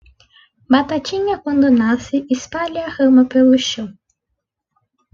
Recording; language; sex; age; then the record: short text; Brazilian Portuguese; female; 18 to 19 years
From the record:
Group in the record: control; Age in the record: 19 years